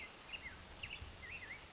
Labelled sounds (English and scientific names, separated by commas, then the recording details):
Black-headed Grosbeak (Pheucticus melanocephalus)
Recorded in Sonoma County, California